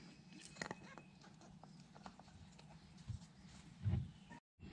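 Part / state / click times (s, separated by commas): rubber grommet on steering rack mount / seated / 0.6 s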